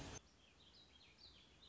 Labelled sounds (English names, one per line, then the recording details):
Warbling Vireo
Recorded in Sonoma County, California